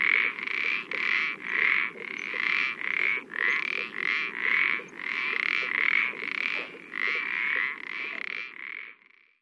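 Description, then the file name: Common parsley frog with creaky, pulsed croaks in distinct bursts under a second apart, forming a steady rasping rhythm that trails off at the end. "pelodyte-ponctué"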